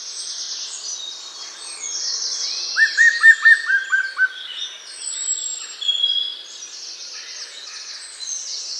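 Birds singing in a mixed chorus, with high buzzy phrases above and a clear run of about eight bright, evenly spaced notes in the middle.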